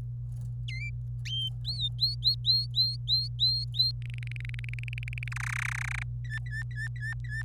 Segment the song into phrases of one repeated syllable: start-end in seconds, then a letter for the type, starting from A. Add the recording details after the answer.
0.68-0.89 A, 1.65-3.92 B, 4.06-5.28 C, 5.32-6.03 D, 6.24-7.43 E. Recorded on 25 April 2018 at 17:30. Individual llb3